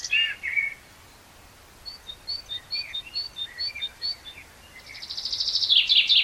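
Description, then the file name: Common blackbird song: a short warble, then a string of brief whistled notes, finishing with a fast, high, buzzy twitter. "Turdus merula"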